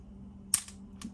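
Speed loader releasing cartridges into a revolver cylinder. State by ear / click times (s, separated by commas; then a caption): released / 0.5 s. A speed loader, a little tight, is pressed against a revolver cylinder until its release mechanism engages and snaps at 0.5 s, letting the cartridges drop into the chambers. A fainter click follows at 1.0 s over a steady low hum. The cartridges are released into the cylinder.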